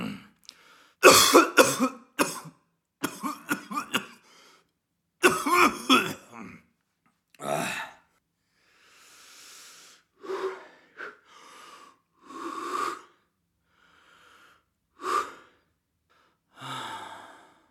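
An acted cough sound effect from an adult: several rough cough bursts in quick clusters early on, then softer breaths and throat-clearing sounds. It is a plain, staged cough with no specific clinical finding.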